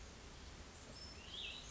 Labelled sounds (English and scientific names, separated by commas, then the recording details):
Cassin's Vireo (Vireo cassinii)
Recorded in Sonoma County, California